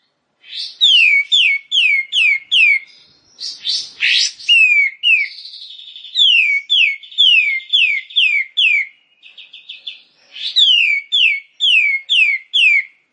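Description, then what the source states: Bar-winged prinia song: loud repeated downslurred whistled notes in rapid series, broken by a harsh buzzy burst and a short trill. Rice-field (sawah) variety.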